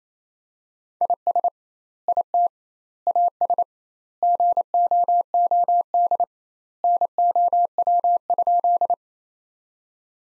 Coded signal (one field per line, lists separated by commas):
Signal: Morse code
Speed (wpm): 28 wpm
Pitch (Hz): 700 Hz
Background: none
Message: IS IT AS GOOD NOW?